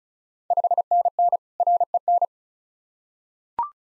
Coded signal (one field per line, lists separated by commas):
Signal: Morse code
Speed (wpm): 36 wpm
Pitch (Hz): 700 Hz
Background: none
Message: 5NN REN